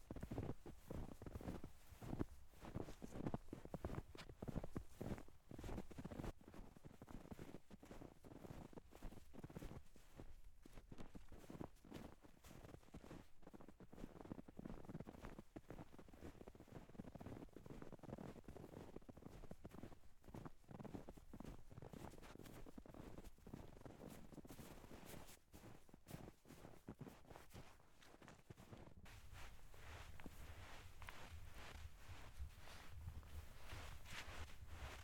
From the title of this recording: Walking on Snow After Huge Blizzard